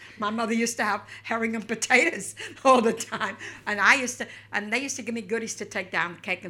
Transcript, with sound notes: My mother used to have herring and potatoes all the time. ( she laughs ) And I used to, and they used to give me goodies to take down, cake and things.